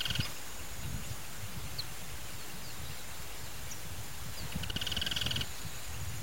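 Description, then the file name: Rufous-fronted thornbird song: a brief burst of fast, evenly pulsed chattering notes at the start and a longer one near the end, over steady low rumbling noise. "Canto do joao graveto"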